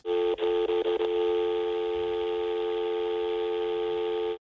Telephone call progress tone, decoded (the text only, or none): dial tone